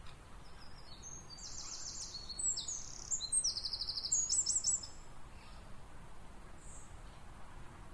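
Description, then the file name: Eurasian wren song: a fast, very high burst of trills and rattling notes lasting a few seconds, over steady low background hiss. "Troglodytes troglodytes"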